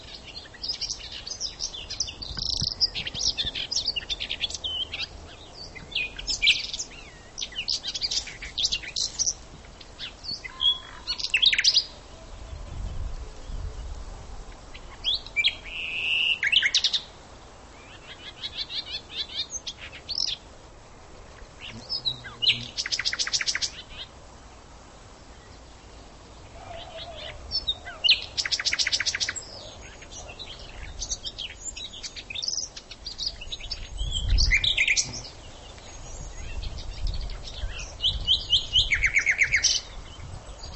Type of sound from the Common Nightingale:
song